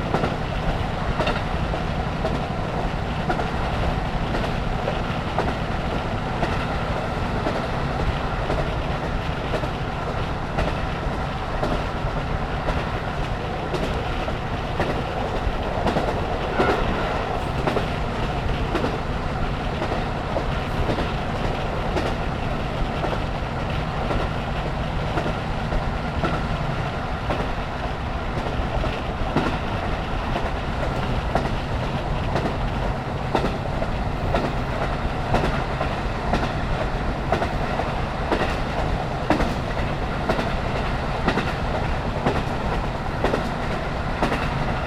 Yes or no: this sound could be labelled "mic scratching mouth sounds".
no